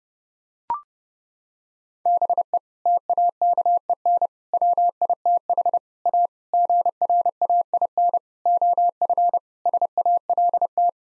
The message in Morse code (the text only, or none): BE TAKEN WITH A GRAIN OF SALT